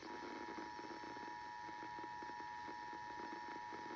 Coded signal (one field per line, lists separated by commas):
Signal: Emergency Alert System (SAME) tones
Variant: 853 and 960 Hz attention tone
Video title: Self Activating my RadioShack 12-996 With Derpy FireAlarms’s “The Snatcher” EAS Scenario Tones!